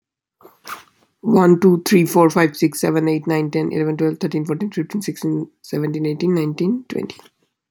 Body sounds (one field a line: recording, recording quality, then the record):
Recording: counting at a fast pace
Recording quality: excellent, no background noise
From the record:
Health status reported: healthy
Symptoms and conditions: none ticked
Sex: male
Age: 26 years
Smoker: yes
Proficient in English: yes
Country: United States